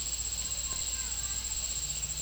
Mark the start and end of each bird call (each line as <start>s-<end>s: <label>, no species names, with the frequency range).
0.56s-1.52s: bird call (0.6-2.3 kHz)